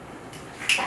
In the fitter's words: 딱 소리 나게 뚜껑을 닫아주시고요.